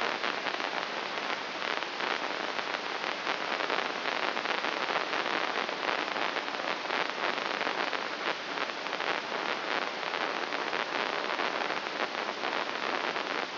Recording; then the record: brain microelectrode recording played as sound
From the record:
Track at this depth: inside the subthalamic nucleus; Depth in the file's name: 3.62 mm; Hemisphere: left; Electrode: 3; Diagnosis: Parkinson's disease